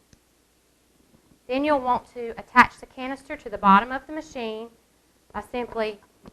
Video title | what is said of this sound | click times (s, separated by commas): Wound Dressing Change and Troubleshooting Tips for Negative Pressure Device - How-Do-I Video | the canister you should here click then | 0.1 s